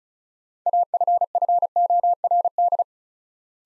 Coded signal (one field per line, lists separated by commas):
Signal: Morse code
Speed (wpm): 36 wpm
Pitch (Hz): 700 Hz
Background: none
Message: AFFORD